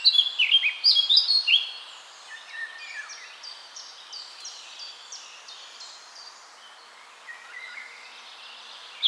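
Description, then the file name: Eurasian blackcap warbling: a bright burst of jumbled whistles fading into a softer, steady stream of quick notes. "Sylvia atricapilla"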